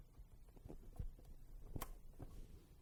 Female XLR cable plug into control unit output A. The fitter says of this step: hear the click in